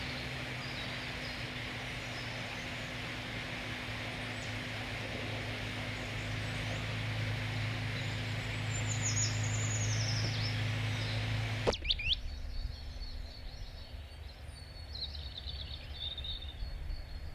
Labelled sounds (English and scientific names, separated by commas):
Common Chaffinch (Fringilla coelebs)